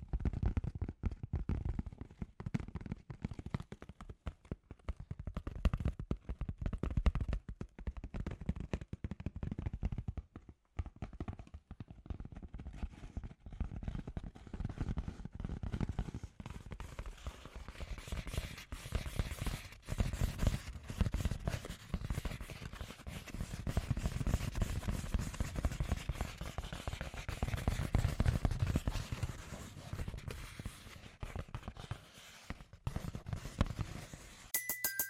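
Scratchy tapping runs throughout, a dense stream of quick, irregular clicks and rasps. The first half stays weighted toward low, thudding taps; after about sixteen seconds the scratching turns brighter and busier, with sharp snaps. It cuts off abruptly just before the end.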